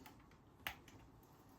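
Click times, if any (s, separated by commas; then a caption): 0.7 s. A tiny 3D printed plastic end-bolt detail is pushed with the flat end of tweezers into the end of a plastic RC tank track link for Heng Long T-72 and Hooben T-55 tanks. Faint ticks at 0.1 s and 0.9 s surround a sharp little click at 0.7 s, and the bolt head seats in the link.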